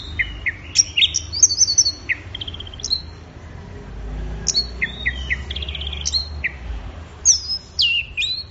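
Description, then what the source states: Orange-headed thrush singing scattered high whistles, short trills and downslurred notes in loose bursts. Orange-headed thrush in full song (gacor teler), offered as a training recording for songbirds; part of an offline thrush-sound collection.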